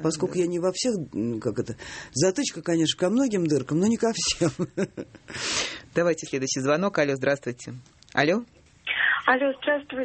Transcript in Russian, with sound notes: Но поскольку я не во всех... Как это? Затычка, конечно, ко многим дыркам, но не ко всем. (смеется) Давайте следующий звонок. Алло, здравствуйте. Алло? Алло, здравствуйте.